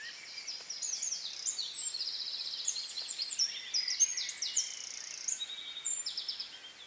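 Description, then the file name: Eurasian wren delivering a hurried cascade of very high trills and sharp twittering notes, continuous with no pause. "Troglodytes troglodytes"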